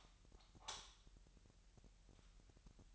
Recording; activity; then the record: daily activity, microphone in the room; light on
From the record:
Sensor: 3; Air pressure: 1001.9 hPa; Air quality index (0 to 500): 245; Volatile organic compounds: 47 ppm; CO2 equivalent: 3254 ppm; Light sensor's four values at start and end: 6/13/5/5 and 13/35/15/14